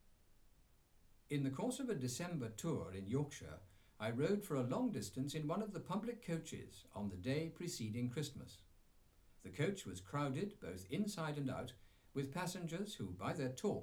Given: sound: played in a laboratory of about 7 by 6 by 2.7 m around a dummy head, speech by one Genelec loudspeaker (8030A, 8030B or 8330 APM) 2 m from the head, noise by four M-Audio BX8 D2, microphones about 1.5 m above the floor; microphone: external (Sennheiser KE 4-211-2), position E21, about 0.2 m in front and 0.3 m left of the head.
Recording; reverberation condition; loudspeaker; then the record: male speech in English; low; 30 degrees to the right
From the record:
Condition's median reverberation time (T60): about 310 ms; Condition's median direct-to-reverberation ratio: about 3.5 dB